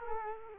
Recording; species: mosquito wingbeat signal from an infrared sensor; Culex quinquefasciatus